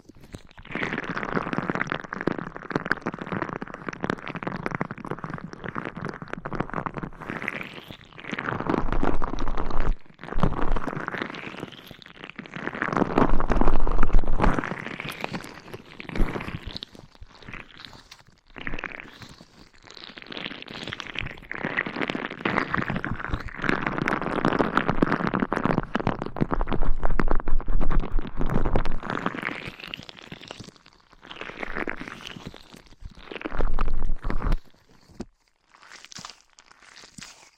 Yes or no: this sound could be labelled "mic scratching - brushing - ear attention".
yes